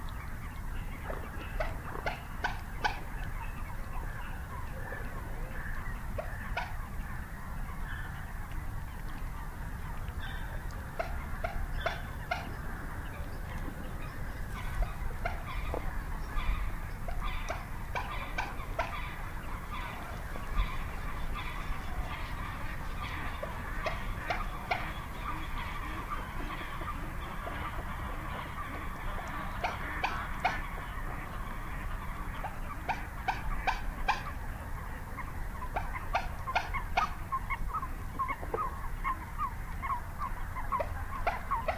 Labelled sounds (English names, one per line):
Common Moorhen call